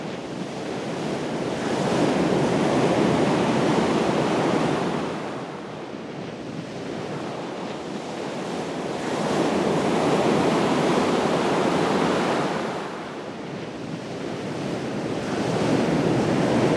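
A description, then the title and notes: Large storm waves roll in and crash against the shore, each one swelling into a long, dense rush of churning water. The surges peak around 2–5, 9–12 and 14–17 seconds, with brief softer lulls between. Wind buffets the microphone underneath throughout. Stormy Ocean Waves: Sounds of the Sea During a Storm. As the large waves crash against the shore, you can feel the power and energy of the sea.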